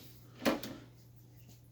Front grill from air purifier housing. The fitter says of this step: again you pressure again and it snaps out of place